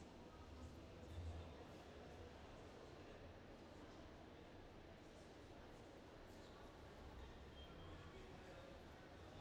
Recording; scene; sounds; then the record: everyday scene through a hearing-aid microphone; reverberant space; background noise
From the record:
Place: railway station hall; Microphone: in the ear canal, left